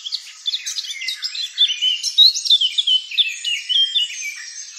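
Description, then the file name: Eurasian blackcap warbling song: rapid, varied chirps and short whistled notes tumbling continuously, with brighter accents around the middle of the passage. "Sylvia atricapilla"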